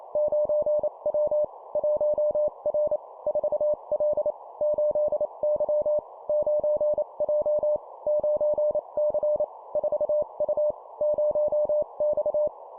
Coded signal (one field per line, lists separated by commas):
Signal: Morse code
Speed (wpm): 28 wpm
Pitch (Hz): 600 Hz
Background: none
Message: 9W 1R 4L 8Y 9J 9C 4U 0X